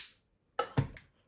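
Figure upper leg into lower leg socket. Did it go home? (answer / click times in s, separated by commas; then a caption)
yes / 0.6 s. The upper leg of a Voltron Carbotix Japan Limited Edition transforming robot action figure by Blitzway & 5Pro Studio is pushed into the lower leg socket under a lifted panel. After a fading sound at the start and a brief silence, a sharp click at 0.6 s is followed by two softer clacks at about 0.8 and 1.0 s. The leg locks in place.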